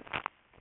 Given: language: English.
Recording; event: throat vibration sensor signal played as sound; swallow